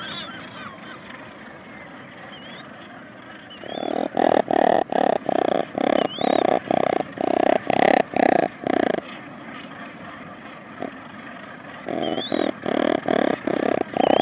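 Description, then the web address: Razorbill growling calls, a low, rough, rasping sound in repeated bursts about twice a second, with a pause in the middle and faint high chirps. "Schulze Peter Razorbill"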